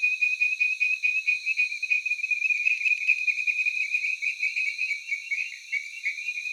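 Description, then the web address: Tree frog calls, steady high-pitched chirping repeated quickly and continuously with a bright pulsing texture. Taiwan. "Tree frog of Taiwan"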